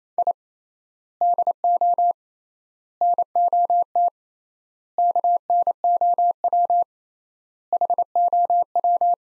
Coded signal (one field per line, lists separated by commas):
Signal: Morse code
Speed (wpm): 28 wpm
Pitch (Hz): 700 Hz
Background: none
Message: I DO NOT KNOW HOW